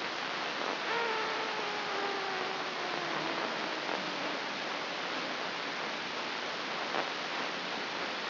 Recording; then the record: brain microelectrode recording played as sound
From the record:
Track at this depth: inside the subthalamic nucleus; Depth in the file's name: 4.32 mm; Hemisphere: left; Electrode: 3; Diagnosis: Parkinson's disease